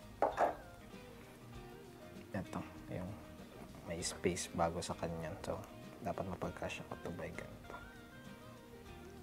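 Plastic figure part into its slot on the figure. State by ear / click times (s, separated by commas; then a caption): not seated / none. A plastic action-figure part is handled and worked toward its slot on the figure while someone talks over background music, with a sharp tap near the start and scattered light plastic knocks. Nothing has seated or clicked yet; the clip ends before the part goes home.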